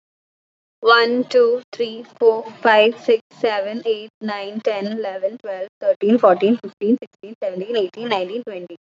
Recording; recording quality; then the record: counting at a fast pace; excellent, no background noise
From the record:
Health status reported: COVID-19 positive, mild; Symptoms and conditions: cold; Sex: female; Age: 23 years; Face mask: not worn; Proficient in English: no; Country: India